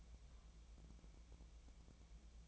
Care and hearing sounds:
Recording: daily activity, microphone in the room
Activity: take from stove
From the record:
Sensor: 1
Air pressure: 1000.0 hPa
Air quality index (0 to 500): 135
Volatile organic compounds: 2 ppm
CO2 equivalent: 1282 ppm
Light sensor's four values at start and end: 38/96/40/50 and 38/96/40/50

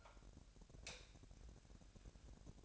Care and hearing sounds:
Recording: daily activity, microphone in the room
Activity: light off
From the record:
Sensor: 2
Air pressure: 1011.8 hPa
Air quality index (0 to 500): 212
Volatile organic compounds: 3 ppm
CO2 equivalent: 1496 ppm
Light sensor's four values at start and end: 15/40/17/17 and 11/25/10/11

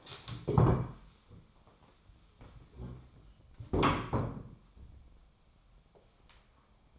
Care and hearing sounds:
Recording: daily activity, microphone in the room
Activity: stand up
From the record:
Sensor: 1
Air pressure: 1015.2 hPa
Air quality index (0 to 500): 177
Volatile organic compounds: 14 ppm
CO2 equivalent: 2473 ppm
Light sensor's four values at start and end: 12/30/12/13 and 11/25/10/11

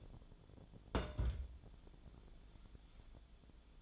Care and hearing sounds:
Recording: daily activity, microphone in the room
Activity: place on stove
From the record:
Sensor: 5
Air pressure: 1010.1 hPa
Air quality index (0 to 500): 147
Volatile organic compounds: 3 ppm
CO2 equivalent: 1435 ppm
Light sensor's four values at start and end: 258/626/268/295 and 261/633/270/298

